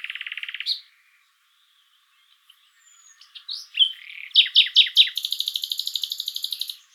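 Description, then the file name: Common nightingale: a short buzzy trill, a pause, then scattered notes rising into loud repeated chirps and a long fast rattling series. "Luscinia megarhynchos"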